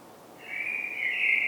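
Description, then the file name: Common blackbird giving one long, thin, drawn-out note that starts partway through and holds steady, swelling slightly louder toward the end, over a quiet background. "Turdus merula"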